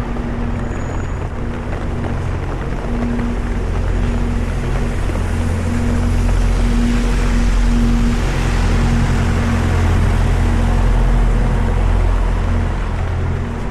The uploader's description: a walk in London, under the rain